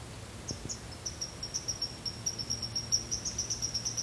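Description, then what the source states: Chipmunk giving a rapid run of high, sharp chips. Recorded in the rain, 6 November 2016.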